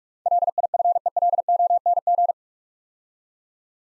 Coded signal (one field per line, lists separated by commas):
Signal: Morse code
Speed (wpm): 44 wpm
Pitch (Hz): 700 Hz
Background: none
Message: LIFELONG